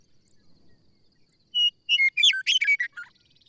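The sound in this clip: Bird song: after a quiet start, a quick burst of high chirps and twittering notes sweeps up and down for about a second and a half.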